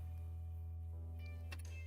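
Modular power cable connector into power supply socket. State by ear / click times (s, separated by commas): seated / 1.5 s, 1.6 s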